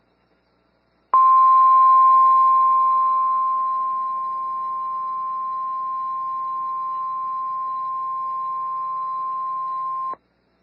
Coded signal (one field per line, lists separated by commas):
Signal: Emergency Alert System (SAME) tones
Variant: 1050 Hz attention tone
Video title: Severe Thunderstorm Warning (Potter County, TX) (4/25/25) [EAS #150]